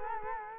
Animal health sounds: mosquito wingbeat signal from an infrared sensor; Culex quinquefasciatus

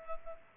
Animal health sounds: mosquito wingbeat signal from an infrared sensor; Culex pipiens

